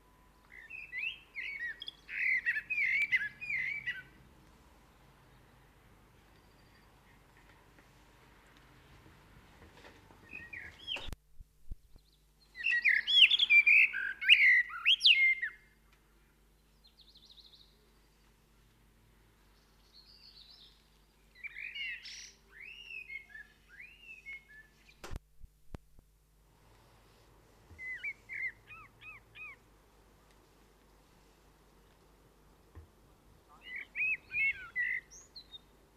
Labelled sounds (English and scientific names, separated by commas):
Common Blackbird (Turdus merula) song